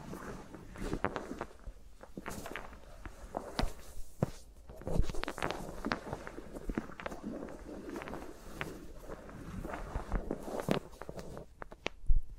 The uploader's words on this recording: ASMR with Mics Around My Fingers (No Talking).